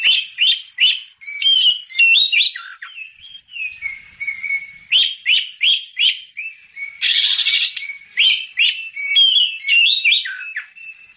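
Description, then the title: Oriental magpie-robin singing a long run of clear whistled phrases and chirps, including a steady held whistle and one harsh rasping burst. Champion singing bird. "Kicau Burung Kacer Juara"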